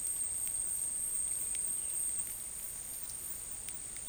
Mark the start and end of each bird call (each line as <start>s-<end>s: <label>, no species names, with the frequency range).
1.39s-2.04s: bird call (1.5-3.6 kHz)